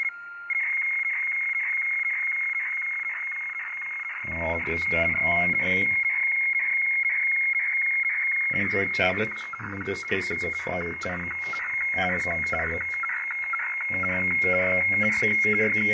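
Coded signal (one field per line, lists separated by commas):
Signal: weather fax (radiofax)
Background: speech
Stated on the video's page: Boston weather fax received on an XHDATA D808 with 3 kHz bandwidth, picked up acoustically without a cable by an Android tablet app.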